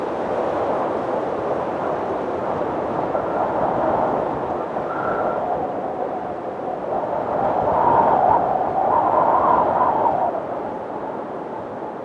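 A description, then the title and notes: Wind rushes steadily over snowy peaks, a dense, continuous roar centered in the low and middle range. The gusts swell gradually, peaking around eight to ten seconds with a brief whistling tone, then ease back slightly toward the end. Wind Over Snowy Peaks.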